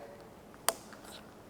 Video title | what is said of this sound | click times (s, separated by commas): How To Unpack Your New Bike Once It Arrives From Cycle Exchange - Bike Basics ep1 | nice slow click HS connected now your shifting is all connected | 0.7 s